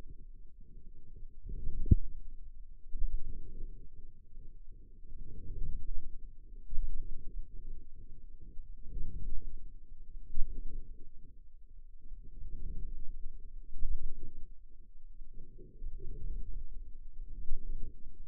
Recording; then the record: forearm muscle sounds (acoustic myography)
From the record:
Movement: outward rotation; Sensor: system 2, bracelet of six BSWA MPA416 microphones around the upper forearm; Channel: 5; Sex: male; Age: 22 years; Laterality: right